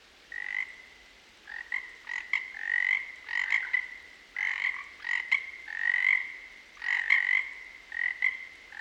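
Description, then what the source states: Frogs calling: a chorus of buzzy, trilled calls in overlapping bursts with short gaps, broken by short clicking pulses. Field recording at a frog pond in the western Cascades.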